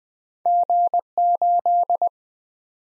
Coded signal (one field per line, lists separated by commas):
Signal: Morse code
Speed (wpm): 20 wpm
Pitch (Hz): 700 Hz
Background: none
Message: G8